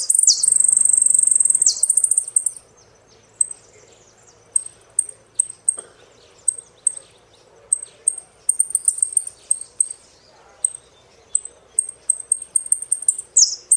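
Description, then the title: Saffron finch: a loud burst of high, rattling song at the start, then many thin, sharp chips scattered irregularly, ending with one sweep. "Jilguero Argentino"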